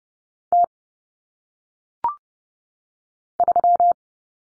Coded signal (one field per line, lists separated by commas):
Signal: Morse code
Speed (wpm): 30 wpm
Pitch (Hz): 700 Hz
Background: none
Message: T 3